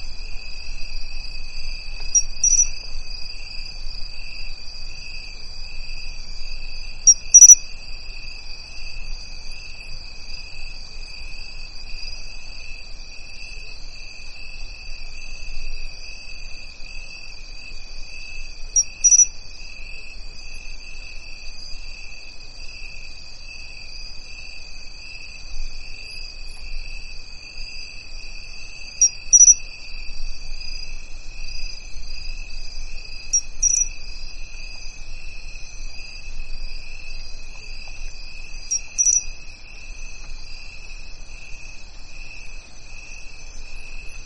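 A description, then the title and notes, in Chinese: Crickets in a dry bamboo grove trill in a steady, high, unbroken drone, with brief bright clicks every few seconds over a low rumble. 干枯竹林里的蟋蟀 频率1+3次 大自然声音。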